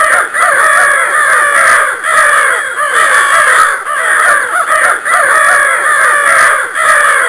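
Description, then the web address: A flock of birds gives a continuous, noisy wall of rough, cawing calls, rising and falling slightly in loudness throughout. "Soundsation. Animals Birds"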